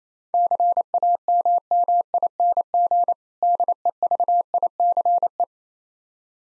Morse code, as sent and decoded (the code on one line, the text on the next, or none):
-.-. .- -- -- .. -. --. / -.. . ...- .. -.-. .
CAMMING DEVICE